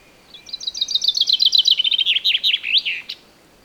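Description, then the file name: Common chaffinch singing a lively trill of rapid notes that steps gradually lower, then ends in a brisk flourish. "Fringilla coelebs"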